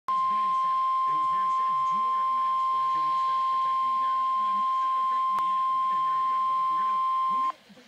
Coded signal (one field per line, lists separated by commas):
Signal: Emergency Alert System (SAME) tones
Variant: 1050 Hz attention tone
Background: speech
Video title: NOAA Weather Radio EAS Alert #2 (Severe Thunderstorm Warning)